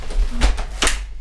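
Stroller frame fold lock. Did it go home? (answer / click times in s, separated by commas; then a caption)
yes / 0.8 s. A folded Stokke Crusi stroller frame is opened until its metal and plastic fold lock engages, with rustling and movement noise around 0.4–0.6 s. A sharp click at 0.8 s confirms the frame has locked open.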